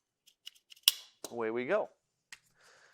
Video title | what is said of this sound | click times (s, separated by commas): 🧰 Walther PK380 Assembly Dissasembly | and the round stud snaps up into position retaining the floor plate | 0.9 s